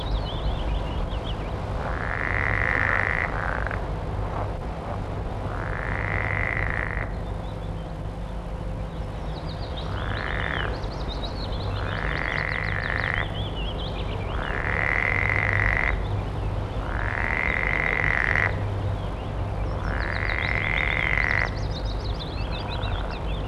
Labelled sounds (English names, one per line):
Edible Frog call